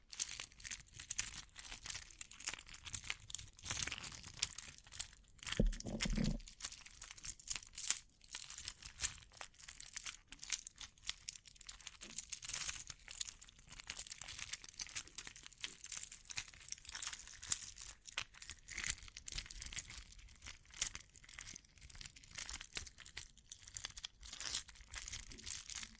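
Bling bling triggers: a busy, unbroken stream of bright crinkling and ticking, like shiny foil or small trinkets being handled, packed tightly from start to finish. Around six seconds a brief low rumble or bump sits under the crackle.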